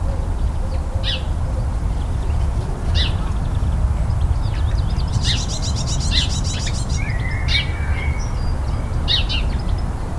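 Birds call in a garden over a steady low rumble. Short bright chirps come every couple of seconds, with a rapid rattling trill around the middle and a thin whistle near the end; a faint low hoot sounds early on.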